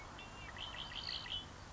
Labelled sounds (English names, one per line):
Red-winged Blackbird